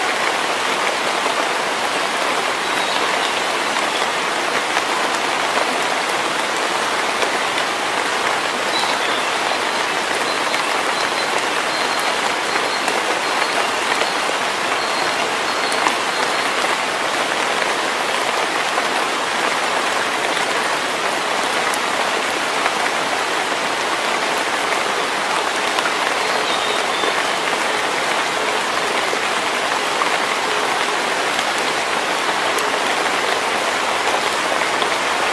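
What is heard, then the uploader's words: Rain falls steadily in a forest, a dense, even hiss of drops that holds at the same level throughout. The sound sits mostly in the middle and upper range, with little low rumble. A faint high tone drifts in briefly around the middle. Rainy days in the forest in early summer.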